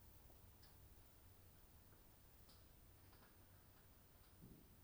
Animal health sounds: poultry house recording; no chicken sound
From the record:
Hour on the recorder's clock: 21

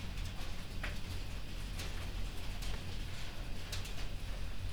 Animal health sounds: poultry house recording; no chicken sound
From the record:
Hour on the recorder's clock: 1

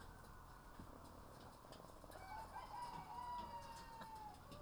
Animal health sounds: poultry house recording; sick chickens (respiratory disease)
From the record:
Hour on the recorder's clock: 10

